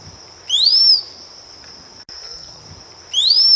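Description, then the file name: Rose-collared piha repeating its loud rising-then-falling whistle twice, about two and a half seconds apart, over an unbroken high insect drone. "Canto do cricrio de cinta vermelha"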